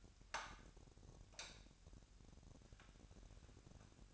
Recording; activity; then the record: daily activity, microphone in the room; light on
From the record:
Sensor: 2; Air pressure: 1011.8 hPa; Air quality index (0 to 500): 214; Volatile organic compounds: 3 ppm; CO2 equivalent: 1506 ppm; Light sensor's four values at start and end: 12/27/12/12 and 16/45/18/19